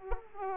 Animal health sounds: mosquito wingbeat signal from an infrared sensor; Aedes aegypti

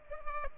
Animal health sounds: mosquito wingbeat signal from an infrared sensor; Culex pipiens

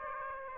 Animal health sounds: mosquito wingbeat signal from an infrared sensor; Aedes aegypti

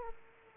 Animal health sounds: mosquito wingbeat signal from an infrared sensor; Aedes aegypti

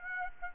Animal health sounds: mosquito wingbeat signal from an infrared sensor; Aedes aegypti

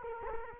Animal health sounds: mosquito wingbeat signal from an infrared sensor; Culex quinquefasciatus

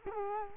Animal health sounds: mosquito wingbeat signal from an infrared sensor; Culex quinquefasciatus

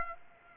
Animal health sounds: mosquito wingbeat signal from an infrared sensor; Aedes aegypti

